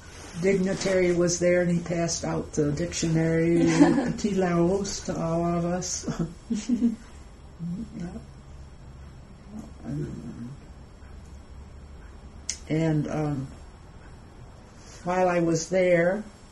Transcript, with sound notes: dignitary was there and he passed out the dictionary, petit la rousse to all of us. [pause] And while I was there,